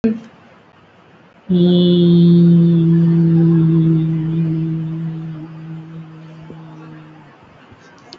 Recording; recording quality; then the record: sustained vowel as in beet; excellent, no background noise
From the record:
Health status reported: recovered from COVID-19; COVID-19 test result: positive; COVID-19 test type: RT-PCR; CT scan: taken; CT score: 0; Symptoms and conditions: cough, cold, breathing difficulty, muscle pain, chronic lung disease, pneumonia, diabetes, another condition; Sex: male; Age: 53 years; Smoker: yes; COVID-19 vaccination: none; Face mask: worn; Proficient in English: no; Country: India